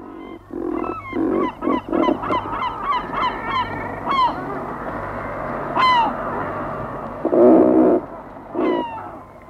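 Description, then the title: Razorbill colony calls: deep, rasping growls in short bursts among many rising, nasal harmonic calls, over a steady low hum. Breeds in colonies, often reusing the same nest hole yearly; birds defend their own small patch to move, incubate and feed young. "Viikon luontoääni: Ruokki"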